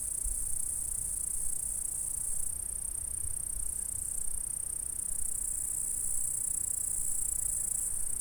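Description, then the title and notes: Insect stridulation as an unbroken, high-pitched sizzling drone, shifting slightly in pitch partway through, with low background rumble. "M3XG+CF Saint-François-de-Sales, France - insectes. Stridulations dans la prairie. Enregistreur ZoomH4 en 96khz 24bits"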